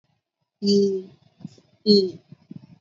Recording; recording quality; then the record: sustained vowel as in beet; excellent, no background noise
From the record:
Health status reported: healthy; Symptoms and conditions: cough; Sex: female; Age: 32 years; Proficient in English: yes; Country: India